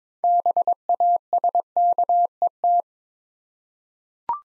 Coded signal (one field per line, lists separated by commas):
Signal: Morse code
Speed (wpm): 22 wpm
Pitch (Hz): 700 Hz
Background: none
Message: BASKET